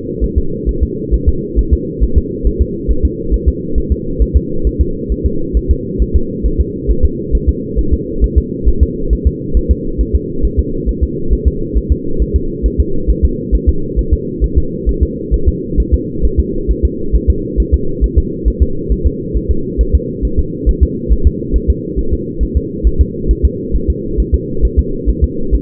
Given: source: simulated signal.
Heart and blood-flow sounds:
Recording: fetal heart sounds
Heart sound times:
0.24 s: S1
0.38 s: S2
0.69 s: S1
0.83 s: S2
1.14 s: S1
1.28 s: S2
1.59 s: S1
1.73 s: S2
2.03 s: S1
2.18 s: S2
2.47 s: S1
2.62 s: S2
2.91 s: S1
3.05 s: S2
3.34 s: S1
3.48 s: S2
3.78 s: S1
3.92 s: S2
4.22 s: S1
4.37 s: S2
4.67 s: S1
4.81 s: S2
5.12 s: S1
5.26 s: S2
5.57 s: S1
5.71 s: S2
6.02 s: S1
6.16 s: S2
6.46 s: S1
6.60 s: S2
6.91 s: S1
7.05 s: S2
7.35 s: S1
7.49 s: S2
7.79 s: S1
7.94 s: S2
8.24 s: S1
8.38 s: S2
8.68 s: S1
8.83 s: S2
9.13 s: S1
9.27 s: S2
9.57 s: S1
9.71 s: S2
10.01 s: S1
10.15 s: S2
10.45 s: S1
10.59 s: S2
10.89 s: S1
11.03 s: S2
11.33 s: S1
11.47 s: S2
11.77 s: S1
11.92 s: S2
12.22 s: S1
12.36 s: S2
12.66 s: S1
12.80 s: S2
13.10 s: S1
13.25 s: S2
13.55 s: S1
13.69 s: S2
13.99 s: S1
14.13 s: S2
14.44 s: S1
14.58 s: S2
14.89 s: S1
15.03 s: S2
15.34 s: S1
15.48 s: S2
15.80 s: S1
15.94 s: S2
16.25 s: S1
16.40 s: S2
16.71 s: S1
16.85 s: S2
17.16 s: S1
17.30 s: S2
17.60 s: S1
17.74 s: S2
18.04 s: S1
18.18 s: S2
18.48 s: S1
18.62 s: S2
18.92 s: S1
19.07 s: S2
19.37 s: S1
19.51 s: S2
19.81 s: S1
19.95 s: S2
20.25 s: S1
20.39 s: S2
20.69 s: S1
20.83 s: S2
21.12 s: S1
21.27 s: S2
21.56 s: S1
21.70 s: S2
21.99 s: S1
22.13 s: S2
22.43 s: S1
22.57 s: S2
22.87 s: S1
23.01 s: S2
23.31 s: S1
23.45 s: S2
23.76 s: S1
23.90 s: S2
24.20 s: S1
24.34 s: S2
24.65 s: S1
24.79 s: S2
25.09 s: S1
25.24 s: S2
25.55 s: S1
From the record:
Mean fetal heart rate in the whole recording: 135 bpm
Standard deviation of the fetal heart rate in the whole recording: 3 bpm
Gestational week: 34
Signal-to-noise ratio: -8.1 dB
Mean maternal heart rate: 72 bpm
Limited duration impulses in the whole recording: absent

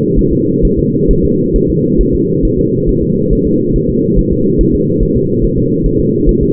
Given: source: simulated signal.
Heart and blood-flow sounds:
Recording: fetal heart sounds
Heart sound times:
0.19 s: S1
0.33 s: S2
0.65 s: S1
0.79 s: S2
1.11 s: S1
1.25 s: S2
1.56 s: S1
1.70 s: S2
2.01 s: S1
2.15 s: S2
2.45 s: S1
2.59 s: S2
2.89 s: S1
3.03 s: S2
3.33 s: S1
3.47 s: S2
3.76 s: S1
3.90 s: S2
4.19 s: S1
4.33 s: S2
4.61 s: S1
4.75 s: S2
5.03 s: S1
5.17 s: S2
5.44 s: S1
5.58 s: S2
5.86 s: S1
6.00 s: S2
6.29 s: S1
6.43 s: S2
From the record:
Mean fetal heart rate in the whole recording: 135 bpm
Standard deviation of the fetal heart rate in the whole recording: 3 bpm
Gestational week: 36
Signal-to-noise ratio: -11.2 dB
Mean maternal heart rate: 72 bpm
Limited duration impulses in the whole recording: present

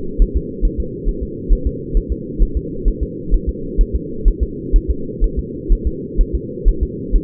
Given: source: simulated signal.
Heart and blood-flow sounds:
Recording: fetal heart sounds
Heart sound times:
0.22 s: S1
0.37 s: S2
0.65 s: S1
0.80 s: S2
1.09 s: S1
1.23 s: S2
1.52 s: S1
1.67 s: S2
1.97 s: S1
2.12 s: S2
2.42 s: S1
2.57 s: S2
2.88 s: S1
3.03 s: S2
3.34 s: S1
3.49 s: S2
3.81 s: S1
3.95 s: S2
4.28 s: S1
4.43 s: S2
4.76 s: S1
4.90 s: S2
5.24 s: S1
5.39 s: S2
5.73 s: S1
5.87 s: S2
6.21 s: S1
6.35 s: S2
6.68 s: S1
6.83 s: S2
7.16 s: S1
From the record:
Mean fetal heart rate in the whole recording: 130 bpm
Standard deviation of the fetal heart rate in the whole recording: 4 bpm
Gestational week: 38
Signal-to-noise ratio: -4.3 dB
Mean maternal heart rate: 72 bpm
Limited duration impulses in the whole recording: absent

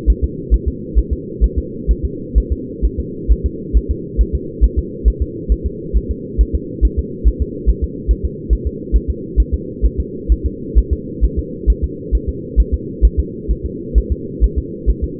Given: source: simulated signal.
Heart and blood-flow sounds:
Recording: fetal heart sounds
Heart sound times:
0.10 s: S1
0.24 s: S2
0.54 s: S1
0.68 s: S2
0.98 s: S1
1.13 s: S2
1.44 s: S1
1.58 s: S2
1.91 s: S1
2.05 s: S2
2.38 s: S1
2.52 s: S2
2.85 s: S1
3.00 s: S2
3.32 s: S1
3.46 s: S2
3.77 s: S1
3.91 s: S2
4.21 s: S1
4.35 s: S2
4.64 s: S1
4.79 s: S2
5.08 s: S1
5.22 s: S2
5.52 s: S1
5.66 s: S2
5.97 s: S1
6.11 s: S2
6.41 s: S1
6.55 s: S2
6.85 s: S1
6.99 s: S2
7.27 s: S1
7.42 s: S2
7.69 s: S1
7.84 s: S2
8.11 s: S1
8.25 s: S2
8.53 s: S1
8.67 s: S2
8.96 s: S1
9.10 s: S2
9.40 s: S1
9.54 s: S2
9.85 s: S1
10.00 s: S2
10.32 s: S1
10.46 s: S2
10.78 s: S1
10.93 s: S2
11.25 s: S1
11.39 s: S2
11.70 s: S1
11.84 s: S2
12.15 s: S1
12.29 s: S2
12.60 s: S1
12.74 s: S2
13.05 s: S1
13.19 s: S2
13.51 s: S1
13.66 s: S2
13.98 s: S1
14.12 s: S2
14.44 s: S1
14.58 s: S2
14.90 s: S1
15.04 s: S2
From the record:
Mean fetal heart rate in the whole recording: 135 bpm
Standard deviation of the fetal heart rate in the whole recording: 3 bpm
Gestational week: 34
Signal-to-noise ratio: -4.1 dB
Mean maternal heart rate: no maternal heart sound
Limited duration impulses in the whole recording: absent

